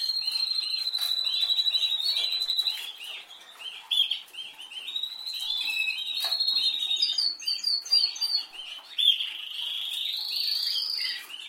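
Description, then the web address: Canary song of high rolled trills broken by short chirpy phrases, ending with a rising buzzy trill. "Canari Seda Canari"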